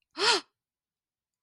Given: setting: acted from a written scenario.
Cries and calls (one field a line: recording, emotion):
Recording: vocal sound without words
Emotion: fear